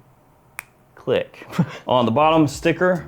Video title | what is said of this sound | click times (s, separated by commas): NEW Emporio Armani Stronger With You Intensely 2024 FIRST IMPRESSIONS - Still Good? | So you have to put it in a particular way or else it won't click. | 0.6 s